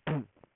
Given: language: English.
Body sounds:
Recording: throat vibration sensor signal played as sound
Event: throat clearing

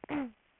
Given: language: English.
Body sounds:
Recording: throat vibration sensor signal played as sound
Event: throat clearing

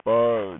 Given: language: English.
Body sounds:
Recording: throat vibration sensor signal played as sound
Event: speech

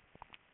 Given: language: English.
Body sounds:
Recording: throat vibration sensor signal played as sound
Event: swallow

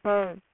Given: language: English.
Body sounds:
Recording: throat vibration sensor signal played as sound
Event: speech

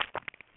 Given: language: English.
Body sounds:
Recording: throat vibration sensor signal played as sound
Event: swallow

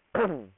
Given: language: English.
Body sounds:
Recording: throat vibration sensor signal played as sound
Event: throat clearing

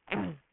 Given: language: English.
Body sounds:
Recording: throat vibration sensor signal played as sound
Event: throat clearing

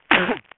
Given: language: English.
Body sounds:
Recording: throat vibration sensor signal played as sound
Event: cough

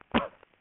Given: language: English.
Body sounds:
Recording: throat vibration sensor signal played as sound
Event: cough

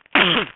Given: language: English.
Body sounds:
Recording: throat vibration sensor signal played as sound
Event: cough

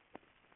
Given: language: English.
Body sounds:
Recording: throat vibration sensor signal played as sound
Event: swallow

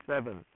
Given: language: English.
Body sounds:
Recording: throat vibration sensor signal played as sound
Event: speech

